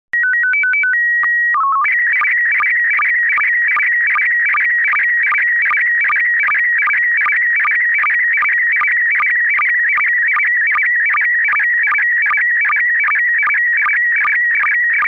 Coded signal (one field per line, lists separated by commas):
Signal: SSTV (slow-scan television)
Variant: PD 50